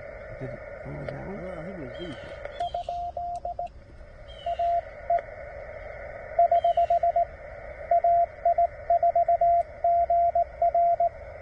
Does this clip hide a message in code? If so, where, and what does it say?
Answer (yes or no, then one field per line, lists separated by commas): yes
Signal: Morse code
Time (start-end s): 2.6-11.1 s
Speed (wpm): 17 wpm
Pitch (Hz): 690 Hz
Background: speech, radio noise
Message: ? AE <HH> AI4GR